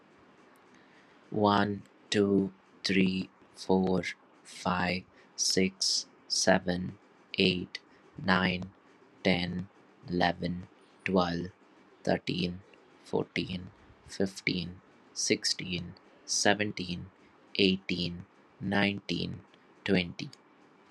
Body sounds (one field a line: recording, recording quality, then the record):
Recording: counting at a normal pace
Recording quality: excellent, no background noise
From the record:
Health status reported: exposed to COVID-19, no respiratory illness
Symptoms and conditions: none ticked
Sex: male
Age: 29 years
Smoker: not ticked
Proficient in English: yes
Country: India